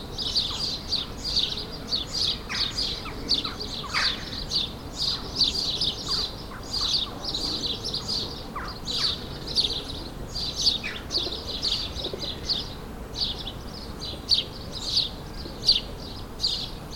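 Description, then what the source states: Sparrows chirping in a dense, continuous chorus of short bright notes, several birds overlapping, with a few lower calls and a steady background hum. Suburban ambient recording, May 2022, several sparrows.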